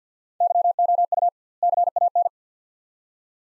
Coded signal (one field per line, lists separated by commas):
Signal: Morse code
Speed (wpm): 50 wpm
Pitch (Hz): 700 Hz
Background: none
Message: YOU CAN